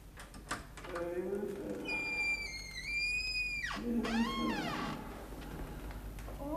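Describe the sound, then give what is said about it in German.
A door swings open with a long, high-pitched hinge squeal that bends upward and holds, then a second, shorter wavering creak, over a low steady background hum. “Soll ich aufmachen?”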